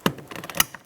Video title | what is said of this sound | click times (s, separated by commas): How to Replace Rear Drivers Side Power Window Motor 1998-2002 Lincoln Navigator | listen for a click give that a tug to make sure it's secure | 0.6 s